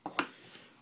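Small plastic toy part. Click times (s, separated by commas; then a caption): 0.2 s. The bottom half of a plastic Samurai Sentai Shinkenger DX Shinken-Oh toy mech arm piece is rotated, with a soft tick at 0.1 s followed by a sharp, bright click at 0.2 s. The section clicks into the right place and forms the arm, then the sound fades to quiet.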